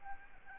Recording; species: mosquito wingbeat signal from an infrared sensor; Aedes albopictus